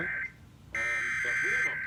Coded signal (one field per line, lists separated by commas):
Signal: Emergency Alert System (SAME) tones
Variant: header bursts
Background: speech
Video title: (EAS #119-123) Holly, jolly testing... at night~ (NC Required Monthly Tests from 12/13/2020)